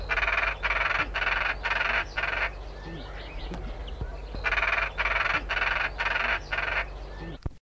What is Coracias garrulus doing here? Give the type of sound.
call